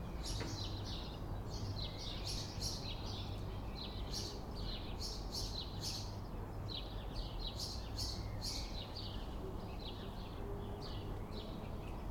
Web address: Systematic-Sound - General Ambience Series – Towns Villages 01 AMB TOWN Street Calm Afternoon Sparrows Traffic